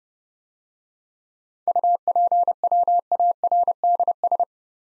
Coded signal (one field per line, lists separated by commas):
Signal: Morse code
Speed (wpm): 30 wpm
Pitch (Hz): 700 Hz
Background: none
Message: UPWARDS